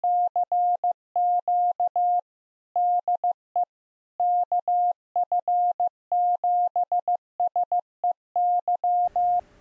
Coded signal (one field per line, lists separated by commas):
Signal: Morse code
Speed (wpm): 15 wpm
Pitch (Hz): 710 Hz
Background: none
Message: CQ DE KF7SEY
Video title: RUNNNING APRS WITH A USB GPS UI-VIEW STATION